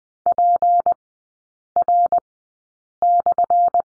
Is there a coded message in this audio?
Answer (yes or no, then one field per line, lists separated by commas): yes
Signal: Morse code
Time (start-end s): 0.3-3.8 s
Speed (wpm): 20 wpm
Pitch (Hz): 700 Hz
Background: none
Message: PR/